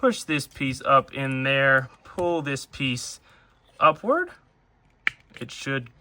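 Someone talks while handling a plastic backpack piece on a toy action figure, rotating it at the mushroom peg, pushing it up and pulling it upward during transformation. A brief sharp handling tick is heard near 5.1 s, but nothing has seated or clicked into place yet.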